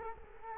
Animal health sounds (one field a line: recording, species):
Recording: mosquito wingbeat signal from an infrared sensor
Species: Culex quinquefasciatus